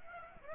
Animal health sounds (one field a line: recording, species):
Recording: mosquito wingbeat signal from an infrared sensor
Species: Aedes aegypti